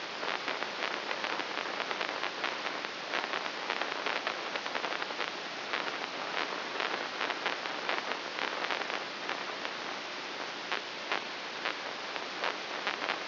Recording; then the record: brain microelectrode recording played as sound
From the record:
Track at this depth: inside the subthalamic nucleus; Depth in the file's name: 1.205 mm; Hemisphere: right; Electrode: 3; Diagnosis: Parkinson's disease